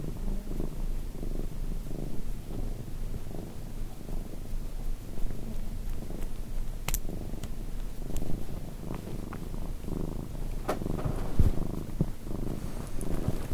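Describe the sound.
Cat purring, a continuous low rumble with soft pulses, interrupted by a few brief clicks and a short rustle near the end.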